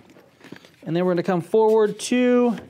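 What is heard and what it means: Two rear press-snaps holding the fabric comfort liner inside an HJC F70 full-face fiberglass motorcycle helmet are popped open to release the liner for removal. Two short snap clicks are heard at about 0.6 s and 0.7 s, then someone talks.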